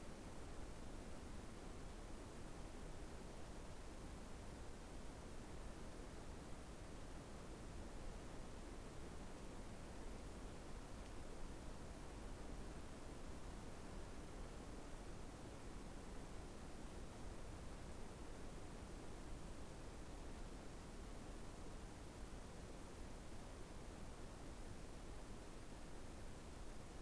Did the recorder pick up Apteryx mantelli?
no